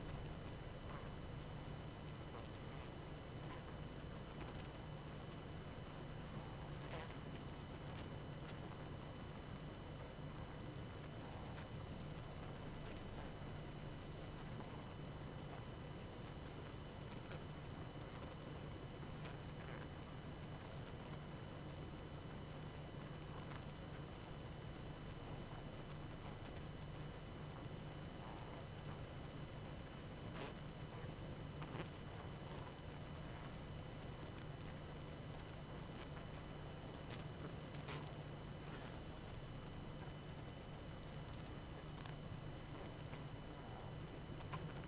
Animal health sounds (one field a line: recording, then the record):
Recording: honeybee colony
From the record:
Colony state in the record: active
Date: 12 June 2018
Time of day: 22:13